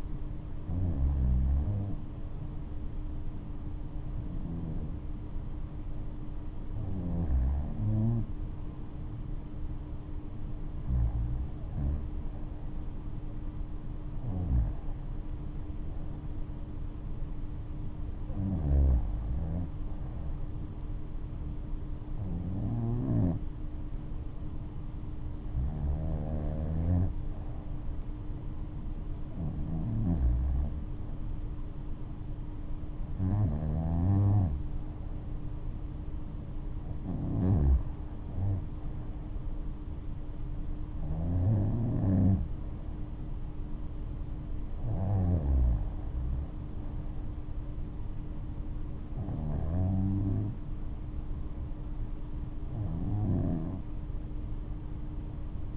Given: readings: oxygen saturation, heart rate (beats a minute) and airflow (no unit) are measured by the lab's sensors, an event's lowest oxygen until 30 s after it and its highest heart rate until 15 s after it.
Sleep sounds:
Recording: breathing in sleep by a smartphone at the bedside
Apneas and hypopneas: none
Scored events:
none scored
From the record:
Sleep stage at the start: REM sleep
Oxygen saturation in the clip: 93 to 95%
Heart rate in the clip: 67 to 72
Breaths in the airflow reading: 15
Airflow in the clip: -6.9 to 10.3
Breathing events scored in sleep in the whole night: 228 in 5.4 hours asleep

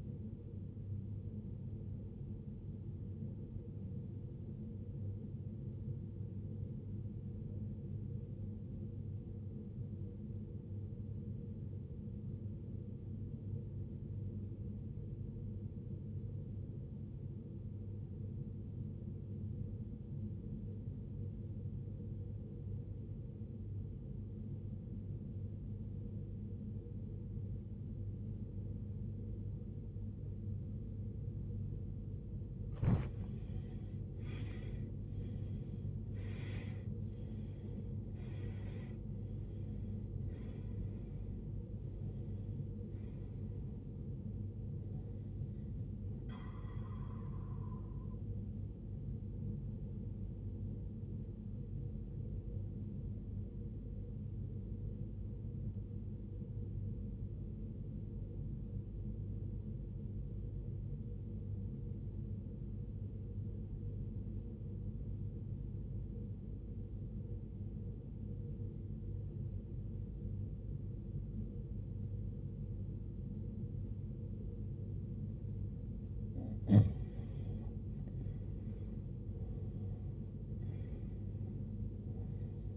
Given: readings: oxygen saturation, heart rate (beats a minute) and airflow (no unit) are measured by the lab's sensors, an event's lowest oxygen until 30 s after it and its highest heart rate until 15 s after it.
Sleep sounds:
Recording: breathing in sleep by a smartphone at the bedside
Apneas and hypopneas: 2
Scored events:
3.00-34.10 s: obstructive apnea (N1, oxygen 96% highest, then 90% lowest, heart rate 59 at the start, 73 highest)
6.00-36.00 s: new sleep stage, N2 (light sleep)
36.00-82.77 s: new sleep stage, N1 (lightest sleep)
56.00-77.70 s: obstructive apnea (N1, oxygen 95% highest, then 89% lowest, heart rate 50 at the start, 75 highest)
From the record:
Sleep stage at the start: N1 (lightest sleep)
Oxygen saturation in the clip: 89 to 96%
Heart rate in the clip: 44 to 73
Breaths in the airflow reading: 8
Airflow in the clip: -18.7 to 17.8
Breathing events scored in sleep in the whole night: 389 in 6.3 hours asleep

